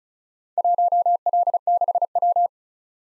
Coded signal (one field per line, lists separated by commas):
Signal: Morse code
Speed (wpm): 36 wpm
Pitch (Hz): 700 Hz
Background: none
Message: 1L6W